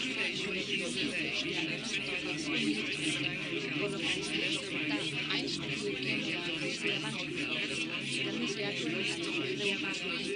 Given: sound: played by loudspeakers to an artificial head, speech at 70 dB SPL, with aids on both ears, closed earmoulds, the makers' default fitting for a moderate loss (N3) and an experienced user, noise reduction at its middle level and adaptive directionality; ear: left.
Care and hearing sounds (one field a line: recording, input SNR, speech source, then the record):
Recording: speech test signal (ISTS) in cocktail-party noise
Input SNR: -6 dB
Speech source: on the right (90 degrees)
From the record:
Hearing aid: class 2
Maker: D